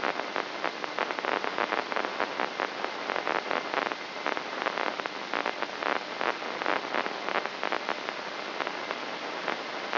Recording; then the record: brain microelectrode recording played as sound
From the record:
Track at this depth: outside the subthalamic nucleus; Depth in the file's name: 2.337 mm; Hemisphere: left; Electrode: 3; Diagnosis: Parkinson's disease